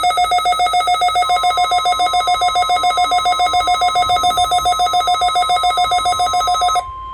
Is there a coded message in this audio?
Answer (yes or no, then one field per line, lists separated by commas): no